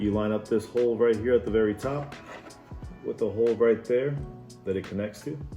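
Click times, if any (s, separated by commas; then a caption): none. Someone talks over background music while the impeller motor of a Seachem Tidal 35 hang-on-back aquarium filter is handled and lined up, hole at the very top with the hole it connects to in the plastic housing. Nothing has seated or clicked yet.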